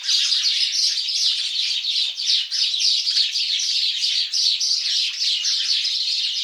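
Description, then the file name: House sparrow: constant chattering chirps of house sparrows, many overlapping calls forming an unbroken, busy chorus. "Passer domesticus"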